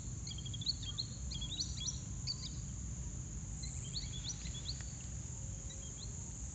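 Green Sandpiper: several rapid clusters of thin, high rising whistles, rather blurred, set against a persistent low rumble and faint high hiss.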